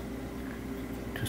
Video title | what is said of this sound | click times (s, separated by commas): The Model Ship - Part 384 | in behind there there I heard it actually click in place all right now don't move don't | 1.2 s